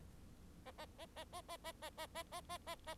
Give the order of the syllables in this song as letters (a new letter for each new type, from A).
A A A A A A A A A A A A A A